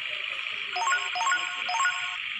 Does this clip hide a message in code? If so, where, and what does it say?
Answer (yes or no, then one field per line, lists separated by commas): no